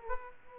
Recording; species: mosquito wingbeat signal from an infrared sensor; Aedes aegypti